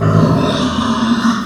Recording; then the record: squeal of a Yucatan mini pig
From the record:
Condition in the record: after surgery on the right vocal fold (resection and tissue-engineered implant); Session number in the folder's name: 12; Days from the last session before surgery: 105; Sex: female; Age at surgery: 19 weeks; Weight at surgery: 25 kg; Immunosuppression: prednisolone